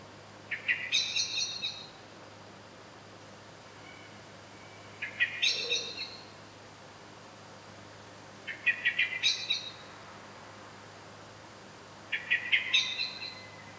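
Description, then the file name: Eurasian blackbird giving four short chattering bursts of rapid, harsh notes, a few seconds apart, with a faint low hum beneath. "Turdus merula"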